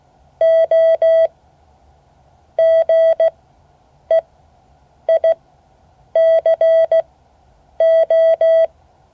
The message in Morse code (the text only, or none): O GEICO